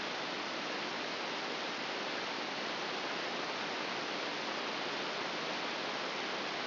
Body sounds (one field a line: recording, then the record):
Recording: brain microelectrode recording played as sound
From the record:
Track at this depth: outside the subthalamic nucleus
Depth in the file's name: 6.898 mm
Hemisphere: left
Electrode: 3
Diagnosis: Parkinson's disease